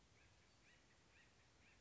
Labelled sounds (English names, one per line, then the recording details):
Acorn Woodpecker
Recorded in Sonoma County, California